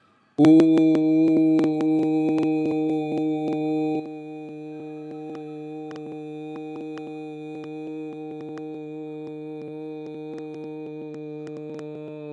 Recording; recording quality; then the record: sustained vowel as in boot; excellent, no background noise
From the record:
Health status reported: healthy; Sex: male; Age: 32 years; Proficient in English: yes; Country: India